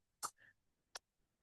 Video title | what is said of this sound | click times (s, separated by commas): 【4D Aligner】ActiveMemory™ Aligners in Daily Practice: Have We Entered a New Era of Clinical Control? | Oh, there we go. I'm not sure if you heard that, but a satisfying click. | 1.0 s